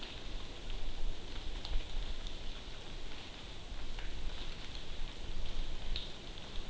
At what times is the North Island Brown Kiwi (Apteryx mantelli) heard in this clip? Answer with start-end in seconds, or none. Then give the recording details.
none. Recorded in New Zealand on 12 June 2014. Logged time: 02:19